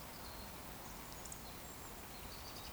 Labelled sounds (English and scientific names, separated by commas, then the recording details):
Eurasian Woodcock (Scolopax rusticola) whistle
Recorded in Baden-Württemberg, Germany, on 15 June 2020 at 19:22 UTC
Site 14569, 102 m above sea level